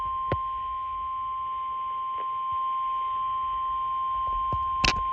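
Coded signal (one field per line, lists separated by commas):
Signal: Emergency Alert System (SAME) tones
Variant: 1050 Hz attention tone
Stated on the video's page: Severe thunderstorm warning from National Weather Service Shreveport, received on Midland WR400 and WR120EZ weather radios.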